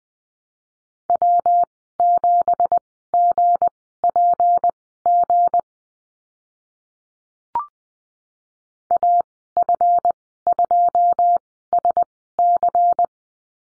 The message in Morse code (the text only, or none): W7GPG AF2SC